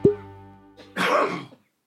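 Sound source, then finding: Cough.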